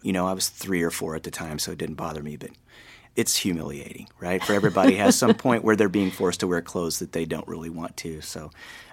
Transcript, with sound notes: And, you know, I was 3 or 4 at the time, so it didn't bother me. But it's humiliating, right?
(Laughter).
For - everybody has some point where they're being forced to wear clothes that they don't really want to.